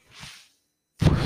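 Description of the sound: A soft airy whoosh lasting about half a second, a brief silence, then a louder low-pitched rush of air: the puffs of a mechanical ventilator delivering breaths to its user.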